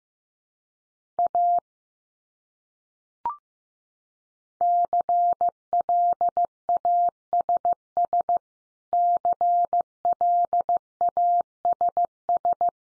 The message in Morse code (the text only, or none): A CLASS CLASS